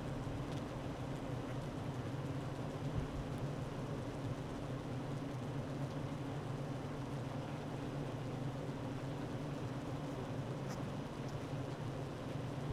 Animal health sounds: honeybee colony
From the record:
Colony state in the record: active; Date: 12 June 2018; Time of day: 9:16

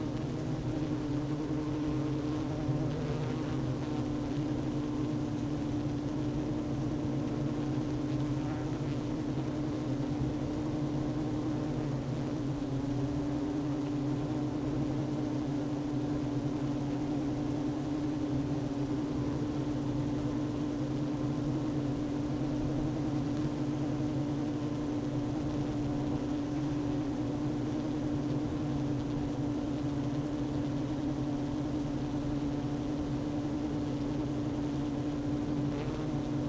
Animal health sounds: honeybee colony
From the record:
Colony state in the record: active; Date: 12 June 2018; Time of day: 11:33

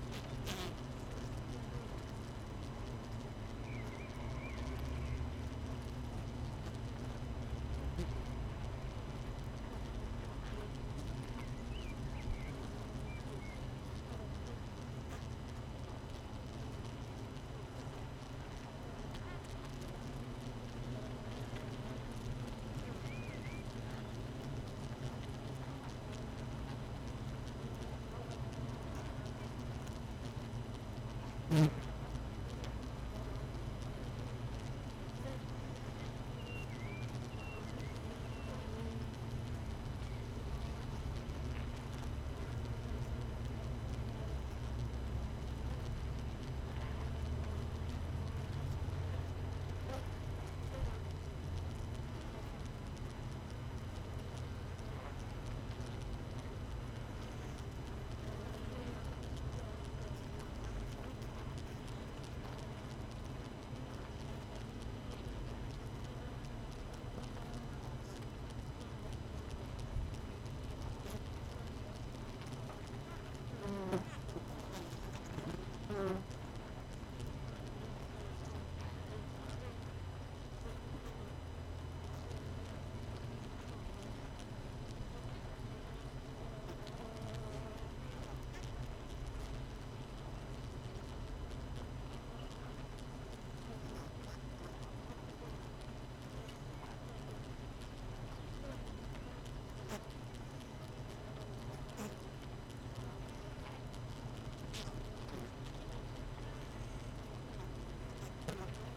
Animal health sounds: honeybee colony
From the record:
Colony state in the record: missing queen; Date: 31 May 2018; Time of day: 7:06

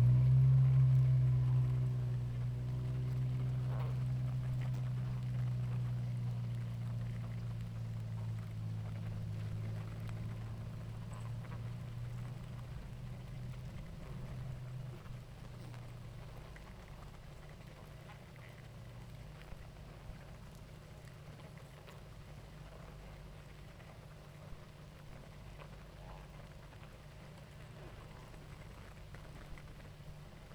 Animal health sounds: honeybee colony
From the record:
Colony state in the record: active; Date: 28 July 2017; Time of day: 18:52

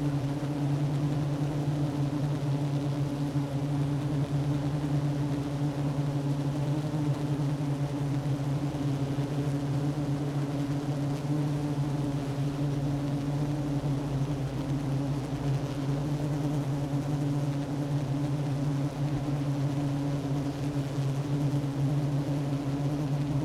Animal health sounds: honeybee colony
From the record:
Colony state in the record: active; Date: 12 June 2018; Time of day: 10:25

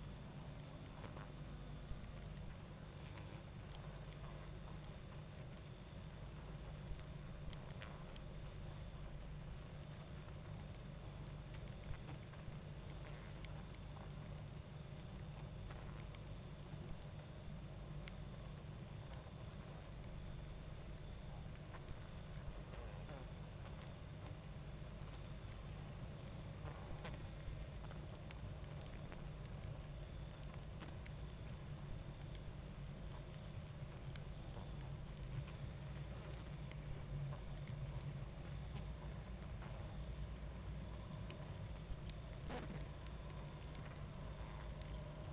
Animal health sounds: honeybee colony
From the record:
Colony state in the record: active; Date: 28 July 2017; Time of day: 21:16

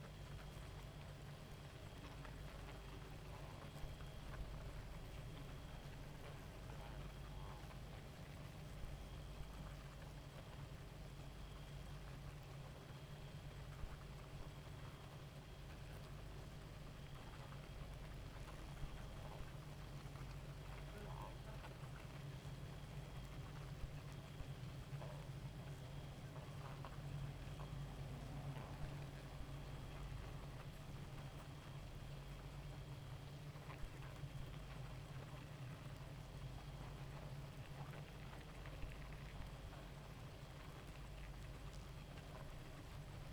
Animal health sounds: honeybee colony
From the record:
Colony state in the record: active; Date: 28 July 2017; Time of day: 0:49

